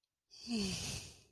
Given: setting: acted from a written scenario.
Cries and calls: vocal sound without words; contentment

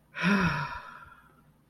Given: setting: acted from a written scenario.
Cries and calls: vocal sound without words; contentment

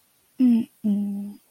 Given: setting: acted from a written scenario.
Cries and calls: vocal sound without words; sadness

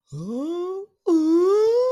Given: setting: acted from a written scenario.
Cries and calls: vocal sound without words; adoration

